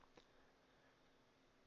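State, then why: Not seated. A plastic arm of a folding quadcopter drone is handled during unboxing as it is unfolded toward its locked open position on the drone body. A brief faint knock comes at about 0.2 s, then only a low, steady background hiss. Nothing has seated or locked yet.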